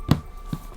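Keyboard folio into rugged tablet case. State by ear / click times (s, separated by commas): seated / 0.1 s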